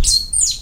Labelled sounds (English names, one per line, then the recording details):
Stitchbird song
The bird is a male
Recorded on Tiritiri Matangi Island, New Zealand, in 2005
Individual 21, of nest box 30